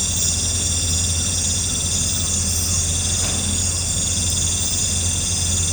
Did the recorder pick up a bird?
no